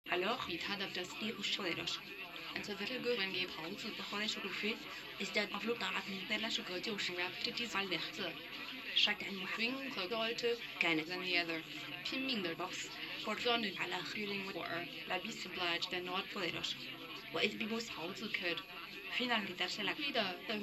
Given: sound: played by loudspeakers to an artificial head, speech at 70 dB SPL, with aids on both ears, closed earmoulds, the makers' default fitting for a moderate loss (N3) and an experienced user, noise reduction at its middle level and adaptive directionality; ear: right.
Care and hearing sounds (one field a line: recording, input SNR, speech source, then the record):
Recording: speech test signal (ISTS) in cocktail-party noise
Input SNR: +9 dB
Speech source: in front (0 degrees)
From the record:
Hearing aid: class 1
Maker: D